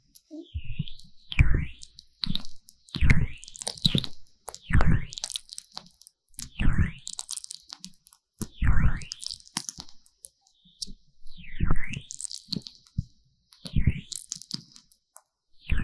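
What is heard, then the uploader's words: Slick, squelching ear massage with Vaseline, coming in strokes about every one to two seconds. Each stroke brings a low thump with a bright sliding squeak that sweeps down, then up, followed by crackly, sticky rustles. Short silences separate the strokes. 凡士林耳朵按摩. Vaseline Ear massage Sounds | NoTalking.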